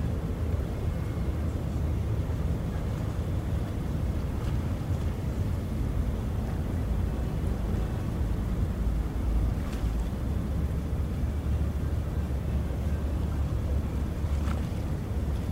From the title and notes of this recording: Sydney Harbour. Recorded LIVE between the Harbour Bridge and the iconic Opera House as night falls on Australia’s most well-known place, known as the Emerald City.